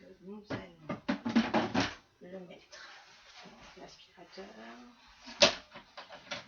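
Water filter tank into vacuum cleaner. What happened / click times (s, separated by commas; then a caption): The plastic tank is handled but not yet latched / none. Someone talks while a water-filled aquafilter tank is handled near the body of a Thomas vacuum cleaner (Aqua+ Allergy and Family), with a few short knocks near the end. The tank has not yet been pushed in, and nothing has seated or clicked yet.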